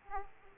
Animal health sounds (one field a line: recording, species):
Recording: mosquito wingbeat signal from an infrared sensor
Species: Aedes aegypti